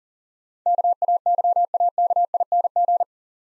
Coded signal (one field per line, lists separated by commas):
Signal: Morse code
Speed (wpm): 43 wpm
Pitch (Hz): 700 Hz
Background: none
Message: KAYAKING